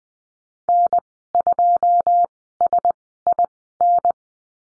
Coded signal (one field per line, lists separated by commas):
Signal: Morse code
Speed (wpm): 20 wpm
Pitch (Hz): 700 Hz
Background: none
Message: N2SIN